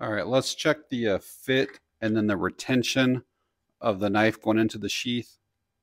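A man talks while handling an Eafengrow EF121 budget EDC fixed blade knife and its Kydex sheath, getting ready to check how the knife fits and is retained in the sheath. No clicks or impacts are heard, only speech with short pauses. The knife has not yet been pushed into the sheath, and nothing has seated or clicked.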